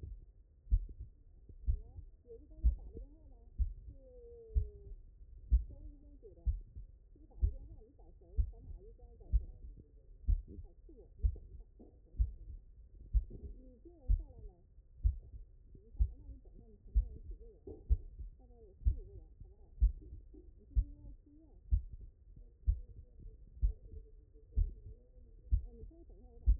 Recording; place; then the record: heart sounds by stethoscope; mitral valve (MV)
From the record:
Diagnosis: HFrEF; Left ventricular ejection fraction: 24%